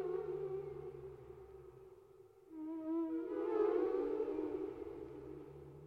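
Whale song of sustained tonal hums, then a wavering harmonic wail that swells and fades against quiet low droning.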